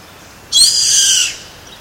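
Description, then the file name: Bird call: a single loud, rasping screech about three-quarters of a second long, noisy and high-pitched throughout. "SABIOD 50 bird 2015"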